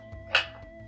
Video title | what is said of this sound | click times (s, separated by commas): Optimus Mini Heater 700W Oil Filled Electric Space Heater - The safest type of heater, compact size | let it settle there right now snaps | 0.4 s